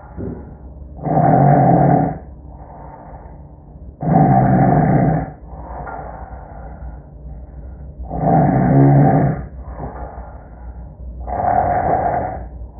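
An adult sleeper's snoring: repeated low-pitched snores, with loud bursts alternating with much quieter stretches as active noise cancellation (ANC) is switched on and off.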